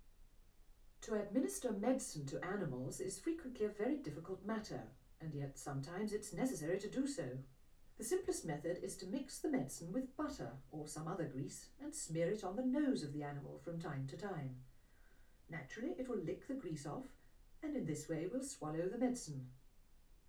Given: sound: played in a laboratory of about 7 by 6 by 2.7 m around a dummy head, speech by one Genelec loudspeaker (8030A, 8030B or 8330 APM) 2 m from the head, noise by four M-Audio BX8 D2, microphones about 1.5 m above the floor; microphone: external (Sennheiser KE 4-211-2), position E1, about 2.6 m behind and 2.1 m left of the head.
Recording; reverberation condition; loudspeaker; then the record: female speech in English; low; 90 degrees to the right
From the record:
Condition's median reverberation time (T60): about 310 ms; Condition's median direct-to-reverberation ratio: about 3.5 dB